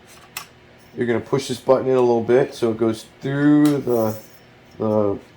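Someone talks while handling a metal detector's upper shaft, pressing its spring-loaded button in slightly so the shaft can slide through the shaft clamp. A short sharp tick sounds at about 0.4 s. The button has not yet locked into the clamp hole, and nothing has seated or clicked yet.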